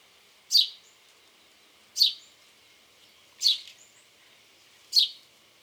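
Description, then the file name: House sparrow giving four separate chirps roughly 1.5 seconds apart over a faint background hiss. "Passer domesticus"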